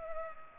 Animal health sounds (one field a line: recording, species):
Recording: mosquito wingbeat signal from an infrared sensor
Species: Culex pipiens